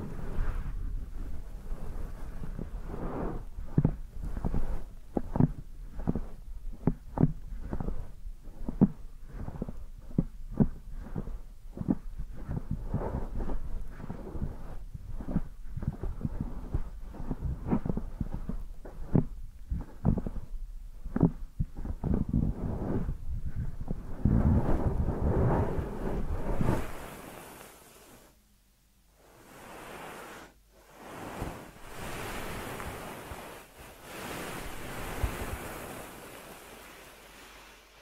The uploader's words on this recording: ASMR Deep Ear Massage for Sleep(No Talking).